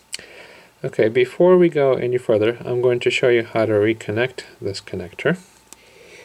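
The LCD video cable connector is pulled out of the screen panel socket of an ASUS A55A laptop during a screen replacement, giving a single short hit at 0.1 s as it releases. Someone then talks through most of the clip, and a faint tick is heard near 5.7 s.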